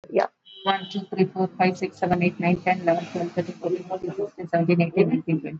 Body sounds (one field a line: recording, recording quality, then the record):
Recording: counting at a fast pace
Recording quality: moderate, slight background noise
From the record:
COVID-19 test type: RT-PCR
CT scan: not taken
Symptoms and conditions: cough, cold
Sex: female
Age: 58 years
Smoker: no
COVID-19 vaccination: both doses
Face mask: worn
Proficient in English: yes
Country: India